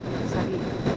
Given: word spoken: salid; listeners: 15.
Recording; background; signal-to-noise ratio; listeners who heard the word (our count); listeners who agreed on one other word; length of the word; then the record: one Spanish word in noise, from a listening test; noise modulated by three-talker babble; -6.3 dB; 0 of 15; 7 of 15; 0.57 s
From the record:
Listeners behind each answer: 7, 1, 1, 1, 1, 1, 1, 1, 1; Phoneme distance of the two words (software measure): 10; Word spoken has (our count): 2 syllables, 5 phonemes, stress on syllable 2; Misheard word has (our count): 2 syllables, 5 phonemes, stress on syllable 2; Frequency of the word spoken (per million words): 0.27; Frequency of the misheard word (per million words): 147.13